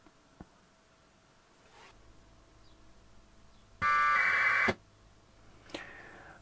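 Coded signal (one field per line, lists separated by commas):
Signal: packet radio (AX.25, as in APRS)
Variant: 1200 baud AFSK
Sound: quiet hiss, then one short harsh warbling data burst under a second long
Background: radio static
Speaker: as soon as we hear another packet come through it should decode the text for us let's wait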